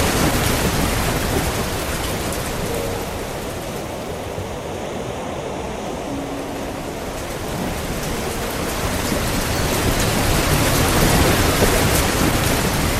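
Steady, dense rain patters, its hiss softening slightly midway before swelling again, with faint low tones surfacing briefly underneath.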